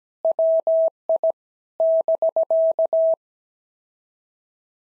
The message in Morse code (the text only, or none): WI <BK>